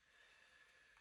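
An MDF part of a UGears AT-ST Walker wooden mechanical model kit is handled and pressed toward its slot in the model frame because it is not all the way in. Only a steady broadband hiss with a faint constant tone near 1.8 kHz is heard, with no sharp transients. Nothing has seated or snapped into place yet.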